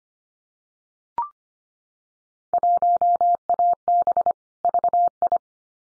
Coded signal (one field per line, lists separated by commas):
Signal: Morse code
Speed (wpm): 25 wpm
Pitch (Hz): 700 Hz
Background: none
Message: 1AB VI